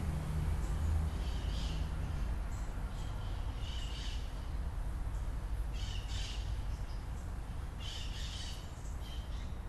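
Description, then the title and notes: Parrot calls: harsh squawking bursts over a steady low rumble of background noise. Recorded in the morning on 18 January 2021. "Parrot morning.m4a by Juraj Kojš"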